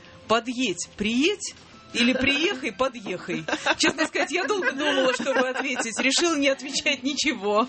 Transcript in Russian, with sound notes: подъедь, приедь, или приехай, подъехай? (Смех) Честно сказать, я долго думала, что бы ответить, и решила не отвечать ничего.